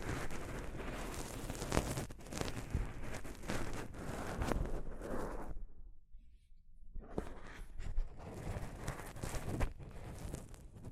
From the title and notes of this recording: ASMR Mic Brushing using Soft Fabric (No Talking).